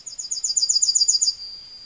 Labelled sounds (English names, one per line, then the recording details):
Yellowhammer song
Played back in forest
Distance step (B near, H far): C
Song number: 161